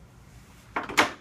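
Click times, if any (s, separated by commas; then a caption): 0.8 s, 1.0 s. A Centor integrated bifold door with a concealed self-locking mechanism is closed, and its latch clicks into the door frame keeper at 0.8 s and 1.0 s, the second click sharper and louder. The door is now locked.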